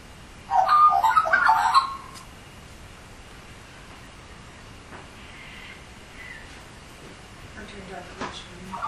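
Australian magpie giving one short burst of mellow, gurgling warbles near the start, followed by faint background sounds.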